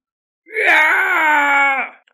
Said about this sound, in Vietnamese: Cổ vương đầu rồng hét thảm một tiếng, lùi ngược ra ngoài, gần như không dám tin, ngón tay ẩn chứa đại đạo thần tắc đã bị bẻ gãy.